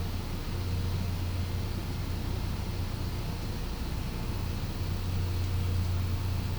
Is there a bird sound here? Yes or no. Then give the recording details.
no. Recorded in pastures near Puerto Asís, Putumayo, Colombia, on 21 December 2024 at 12:00. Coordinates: 0.505, -76.324. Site G063